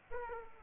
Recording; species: mosquito wingbeat signal from an infrared sensor; Aedes aegypti